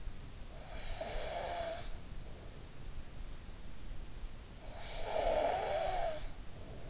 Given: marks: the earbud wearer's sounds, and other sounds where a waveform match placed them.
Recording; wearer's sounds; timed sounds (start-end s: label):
sounds in sleep by an in-ear microphone; breath, snoring breath
0.22-2.73 s: breath
4.34-6.90 s: snoring breath